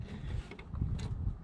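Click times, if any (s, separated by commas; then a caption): none. An ABS wheel speed sensor's electrical connector is handled against its mating harness plug on a Kenworth truck, to be slid together and squeezed at the ear tabs until it latches. Brief ticks and rattles sound at about 0.5, 0.6, 0.8 and 1.0 seconds over a steady low rumble. Nothing has seated or clicked yet.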